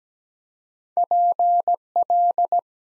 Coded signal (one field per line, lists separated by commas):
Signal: Morse code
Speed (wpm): 17 wpm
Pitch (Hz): 700 Hz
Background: none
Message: PL